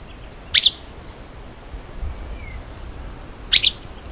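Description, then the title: Streaked flycatcher calling twice, each a sharp squeaky double note, three seconds apart, against a soft hissing background. "LuckyPassaro Completos2Sama. Streaked Flycatcher (Myiodynastes maculatus)"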